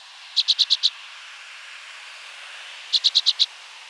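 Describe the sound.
Orchard oriole calling with two dry chattering bursts, each five fast clipped notes, the second following about two seconds after the first, over gentle background noise.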